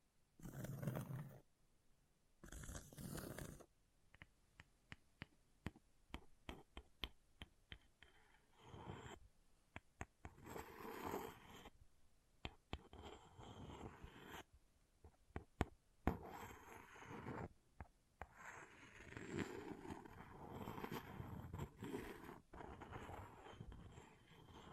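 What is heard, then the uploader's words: Scratching on an object comes in irregular bursts of rough scraping, with sharp clicks and ticks scattered throughout. Two loud, bright scrapes open the first few seconds, then shorter strokes and clusters of taps continue unevenly to the end, with brief quiet gaps between them. ASMR Brain Melting Object Scratching (No Talking).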